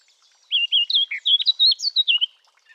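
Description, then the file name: Eurasian blackcap song: a loud, musical phrase of rapid whistled notes, rising and falling in pitch, after a short silent start. "Sylvia atricapilla"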